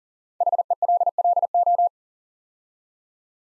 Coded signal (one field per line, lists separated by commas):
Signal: Morse code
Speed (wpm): 38 wpm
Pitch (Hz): 700 Hz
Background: none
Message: HELLO